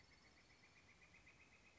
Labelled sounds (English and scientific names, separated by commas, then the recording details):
Northern Flicker (Colaptes auratus)
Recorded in Sonoma County, California